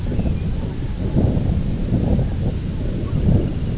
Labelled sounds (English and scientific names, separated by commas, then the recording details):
Lapland Longspur (Calcarius lapponicus), unidentified sound, Semipalmated Sandpiper (Calidris pusilla)
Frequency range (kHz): Lapland Longspur (Calcarius lapponicus) 2.1-3.1 kHz; Semipalmated Sandpiper (Calidris pusilla) 2.3-3.5 kHz
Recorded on Arctic tundra, site IGLO-B, on 24 June 2018
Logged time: 17:59